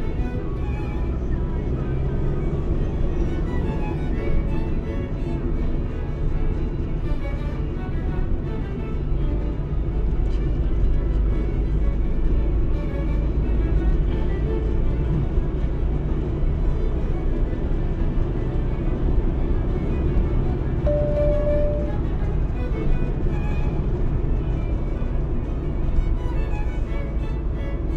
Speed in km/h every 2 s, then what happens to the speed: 49, 57, 55, 51, 49, 52, 55, 59, 64, 69, 73, 69, 68, 63.
0-2 speeds up to 57. 2-7 slows to 49. 7-19 speeds up to 73. 19-28 slows to 63.